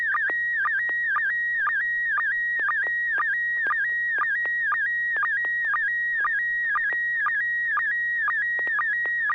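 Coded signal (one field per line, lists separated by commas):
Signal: SSTV (slow-scan television)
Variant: PD120 mode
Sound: warbling, buzzing tone shifting pitch, with a rhythmic low blip about twice a second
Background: low electrical hum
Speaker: Sure, I will send a photo PD 120.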